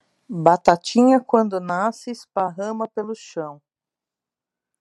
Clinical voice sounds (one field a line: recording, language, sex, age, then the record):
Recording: short text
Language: Brazilian Portuguese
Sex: female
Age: 40 to 49 years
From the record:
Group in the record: control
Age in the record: 45 years